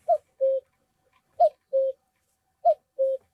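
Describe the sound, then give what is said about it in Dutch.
A common cuckoo calls three times in a steady rhythm, each call a clear two-note "cu-coo" that drops from a higher first note to a lower, longer second one, with silence between. “Ja, dat is hem, de koekoek.”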